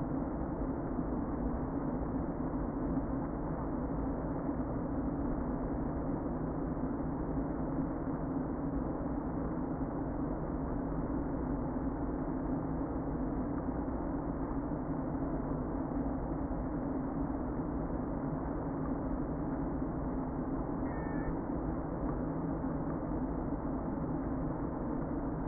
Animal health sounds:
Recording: honeybee colony, microphone inside the hive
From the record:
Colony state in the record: queen present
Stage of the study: before two queens were removed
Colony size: about 60,000 bees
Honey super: yes

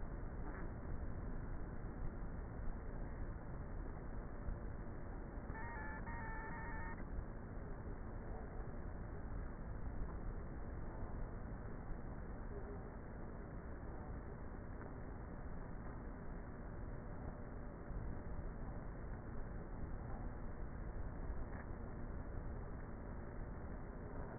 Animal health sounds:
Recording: honeybee colony, microphone inside the hive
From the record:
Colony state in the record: queenless with a low population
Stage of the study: before two queens were removed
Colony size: about 30,000 bees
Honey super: no

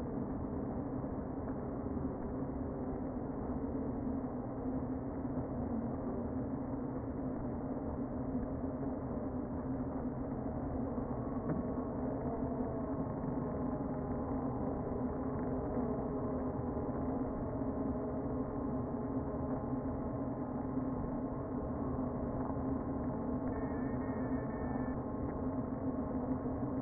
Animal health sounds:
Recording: honeybee colony, microphone inside the hive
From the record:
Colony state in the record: queen present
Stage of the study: before two queens were removed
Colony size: about 60,000 bees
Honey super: yes

